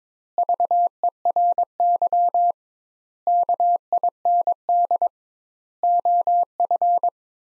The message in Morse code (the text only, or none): VERY KIND OF